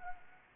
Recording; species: mosquito wingbeat signal from an infrared sensor; Anopheles arabiensis